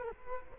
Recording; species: mosquito wingbeat signal from an infrared sensor; Culex quinquefasciatus